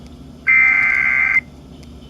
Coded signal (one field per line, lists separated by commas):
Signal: Emergency Alert System (SAME) tones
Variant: header bursts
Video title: Severe Thunderstorm Warning #1 (5/1/24) (New EAS 440)